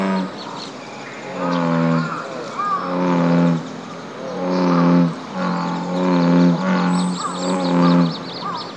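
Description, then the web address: American bullfrog calling in a low, droning series of notes, several in a row with short pauses. "birdenaga usigaeru"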